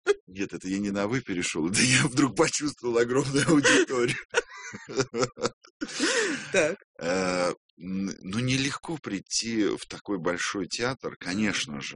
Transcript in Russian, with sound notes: Нет, это я не на «вы» перешел, это я вдруг почувствовал огромную аудиторию. (смеются)
Так.
Ну, нелегко прийти в такой большой театр, конечно же.